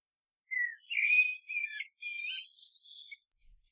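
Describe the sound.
Bird song: a run of short whistled, warbling phrases around mid-high pitch, with chirpy notes climbing higher toward the end, then trailing off.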